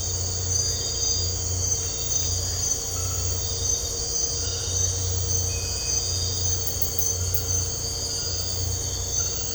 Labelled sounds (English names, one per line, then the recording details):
none
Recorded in dense forest near Puerto Asís, Putumayo, Colombia, on 9 March 2025 at 02:30
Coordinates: 0.468, -76.322
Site GP01